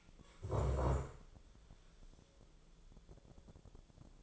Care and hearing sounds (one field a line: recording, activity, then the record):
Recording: daily activity, microphone in the room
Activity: stand up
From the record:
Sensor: 5